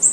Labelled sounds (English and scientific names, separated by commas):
Golden-winged Warbler (Vermivora chrysoptera) flight call